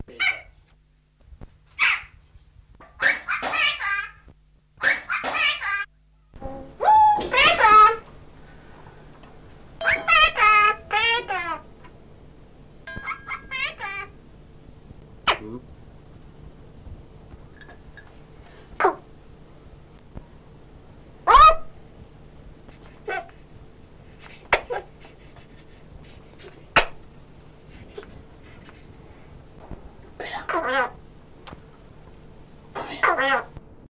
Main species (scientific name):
Coloeus monedula